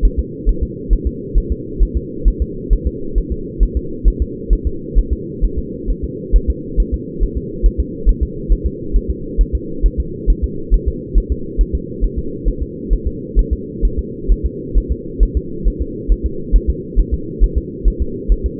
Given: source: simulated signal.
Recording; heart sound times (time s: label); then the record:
fetal heart sounds
0.05 s: S1
0.19 s: S2
0.49 s: S1
0.63 s: S2
0.93 s: S1
1.07 s: S2
1.38 s: S1
1.52 s: S2
1.83 s: S1
1.97 s: S2
2.28 s: S1
2.42 s: S2
2.73 s: S1
2.87 s: S2
3.18 s: S1
3.32 s: S2
3.63 s: S1
3.77 s: S2
4.08 s: S1
4.22 s: S2
4.53 s: S1
4.67 s: S2
4.99 s: S1
5.13 s: S2
5.44 s: S1
5.59 s: S2
5.90 s: S1
6.05 s: S2
6.36 s: S1
6.50 s: S2
6.80 s: S1
6.94 s: S2
7.23 s: S1
7.38 s: S2
7.66 s: S1
7.80 s: S2
8.09 s: S1
8.23 s: S2
8.52 s: S1
8.66 s: S2
8.96 s: S1
9.11 s: S2
9.41 s: S1
9.55 s: S2
9.86 s: S1
10.00 s: S2
10.30 s: S1
10.44 s: S2
10.74 s: S1
10.88 s: S2
11.18 s: S1
11.32 s: S2
11.61 s: S1
11.75 s: S2
12.04 s: S1
12.19 s: S2
12.48 s: S1
12.62 s: S2
12.93 s: S1
13.07 s: S2
13.39 s: S1
13.53 s: S2
13.85 s: S1
13.99 s: S2
14.31 s: S1
14.46 s: S2
14.77 s: S1
14.92 s: S2
15.23 s: S1
15.37 s: S2
15.68 s: S1
15.82 s: S2
16.12 s: S1
16.26 s: S2
16.56 s: S1
16.70 s: S2
17.00 s: S1
17.14 s: S2
17.44 s: S1
17.58 s: S2
17.88 s: S1
18.02 s: S2
18.32 s: S1
18.46 s: S2
From the record:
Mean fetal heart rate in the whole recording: 135 bpm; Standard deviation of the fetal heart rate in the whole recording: 3 bpm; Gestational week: 36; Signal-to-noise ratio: -4.3 dB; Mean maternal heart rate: 72 bpm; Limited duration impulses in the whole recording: absent